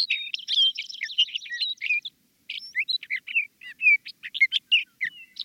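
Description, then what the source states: Sage Thrasher song: a long, rapid warble of varied scratchy and whistled notes, pouring out almost nonstop with a brief pause midway. Male proclaiming his territory; this song rings out every spring from tracts of sagebrush throughout the West.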